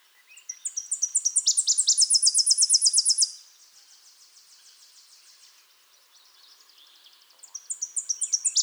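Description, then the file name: Tennessee warbler singing a loud staccato trill of high chips that breaks off abruptly into a fainter trill, then a pause and the opening notes of the next song. "Tennessee Warbler Leiothlypis peregrina"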